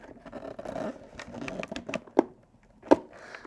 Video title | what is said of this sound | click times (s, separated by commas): How to change a visor: HJC V90 motorcycle helmet | there's the click | 2.2 s, 2.9 s